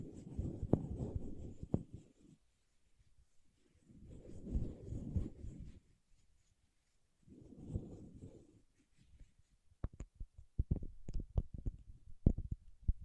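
Paraffin wax being scratched and peeled in three low, dense bursts of rough scraping, each lasting about two seconds, with quiet gaps between them. From about ten seconds on, the sound changes to sharp, irregular taps and clicks, some bright and crisp.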